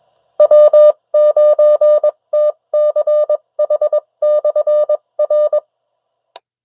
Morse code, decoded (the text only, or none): W9TCH/R